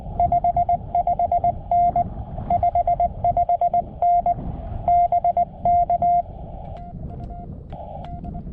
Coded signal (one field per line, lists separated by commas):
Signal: Morse code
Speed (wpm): 20 wpm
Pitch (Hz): 700 Hz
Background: none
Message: 55N 55N BK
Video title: I'm still learning Morse Code